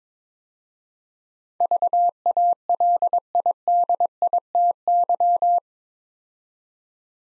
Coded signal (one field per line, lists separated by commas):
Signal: Morse code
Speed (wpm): 23 wpm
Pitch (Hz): 700 Hz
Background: none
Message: VALIDITY